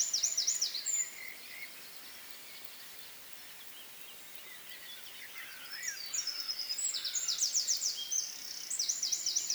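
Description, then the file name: Eurasian wren song: a high trill ends in the first second, a hushed pause follows, then a fresh burst of rapid, ringing trills and squeaky notes begins near six seconds. "Troglodytes troglodytes"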